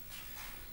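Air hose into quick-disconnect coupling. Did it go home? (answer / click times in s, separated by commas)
no / none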